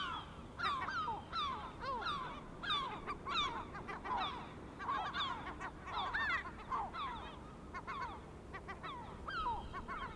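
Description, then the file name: Gull flock giving overlapping strident, descending yelps in steady clusters with hardly a pause. Several gulls, recorded 23 May 2004. "Mouettes 040523"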